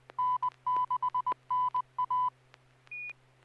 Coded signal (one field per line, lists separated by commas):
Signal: Morse code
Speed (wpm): 20 wpm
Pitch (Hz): 1000 Hz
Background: none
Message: N6NA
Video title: N6NA SSTV Net - 10/16/2024